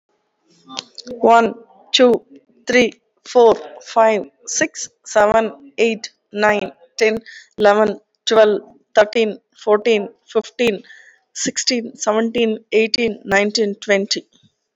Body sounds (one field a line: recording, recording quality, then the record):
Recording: counting at a normal pace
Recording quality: excellent, no background noise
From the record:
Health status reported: recovered from COVID-19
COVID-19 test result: positive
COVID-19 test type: RT-PCR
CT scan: not taken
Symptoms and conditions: cough, cold, sore throat, fever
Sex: female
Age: 44 years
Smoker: no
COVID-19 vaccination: both doses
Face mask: worn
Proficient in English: yes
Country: India